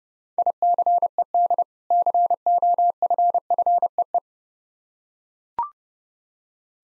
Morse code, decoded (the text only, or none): ICED COFFEE